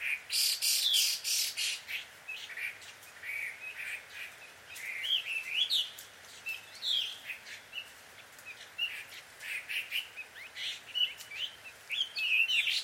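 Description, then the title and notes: Birds squawking and chirping in loud irregular bouts, with scratchy, buzzy notes and brief sliding chirps, separated by quieter pauses. Bird pair quarrelling at dusk in Takao, Japan. "鳥の夫婦喧嘩 – Birds Quarrel At Dusk. Recorded in Takao Japan"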